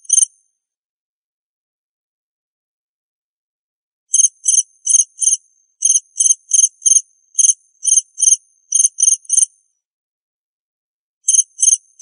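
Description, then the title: Cricket chirping: a single chirp at the start, a long silence, then a quick run of high, clicky chirps, then a few more near the end. "suara Hujan Guntur Suara Jangkrik Dan Burung"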